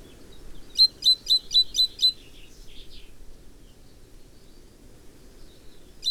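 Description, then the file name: Great tit calls: a burst of five or six sharp, high notes, faint twittering after, and one more note at the end. "Parus major"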